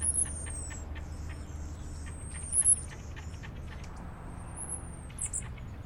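Costa's Hummingbird giving a very high, thin whistle that sweeps downward, repeated about every two seconds over a steady low hum.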